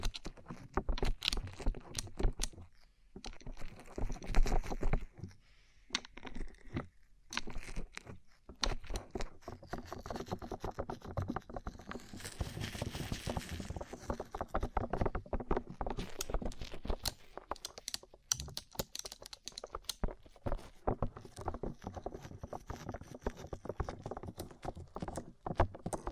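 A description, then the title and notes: Rhinestone-covered objects tapping in quick, irregular clusters of sharp clicks and clacks, like fingernails drumming on a hard surface. The taps come densely with brief pauses near 3 and 6 seconds, and a soft hiss swells faintly around 12 to 14 seconds. ASMR Rhinestone Covered Tapping 3Dio (No Talking).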